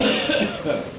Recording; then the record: coughing mixed with background sound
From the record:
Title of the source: Spring Cold Coughing.